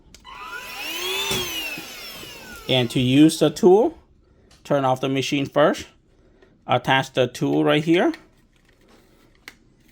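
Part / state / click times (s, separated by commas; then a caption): attachment tool onto a hand vacuum nozzle / seated / 9.5 s. A brief whirring, pitch-shifting hum from a Bissell cordless hand vacuum fades in the first few seconds, then someone talks. With the machine off, the plastic attachment tool is fitted onto the nozzle of the hand vacuum, and a sharp click at 9.5 s marks it snapping on and seating.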